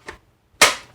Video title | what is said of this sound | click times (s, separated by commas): Nerf Thunderblast Review & Unboxing | it actually locks into place in the back so you can run around and it's pretty decent | 0.6 s